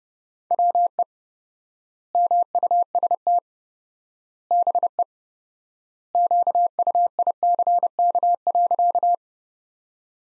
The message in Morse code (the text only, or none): WE MUST BE QUICK.